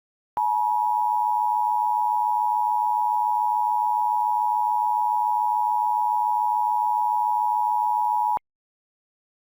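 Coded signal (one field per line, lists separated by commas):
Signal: Emergency Alert System (SAME) tones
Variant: 853 and 960 Hz attention tone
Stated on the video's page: Fictional Halloween EAS short made for a daily series.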